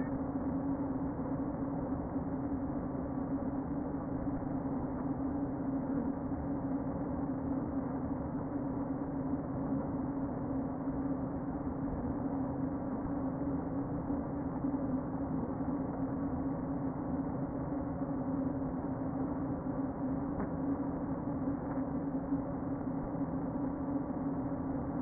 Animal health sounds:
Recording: honeybee colony, microphone inside the hive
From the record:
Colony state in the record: queen present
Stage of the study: before two queens were removed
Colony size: about 60,000 bees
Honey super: yes

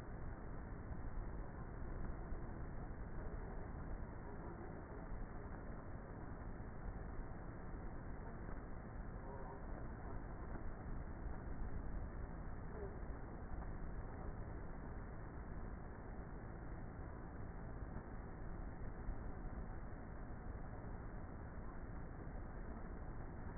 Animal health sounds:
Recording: honeybee colony, microphone inside the hive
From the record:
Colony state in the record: queenless with a low population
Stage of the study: before two queens were removed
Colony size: about 30,000 bees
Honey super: no

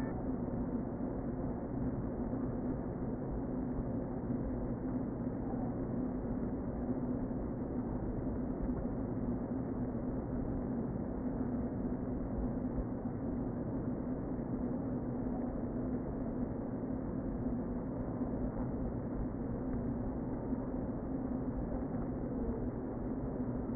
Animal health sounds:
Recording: honeybee colony, microphone inside the hive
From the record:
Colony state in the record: queen present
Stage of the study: before two queens were removed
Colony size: about 60,000 bees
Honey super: yes

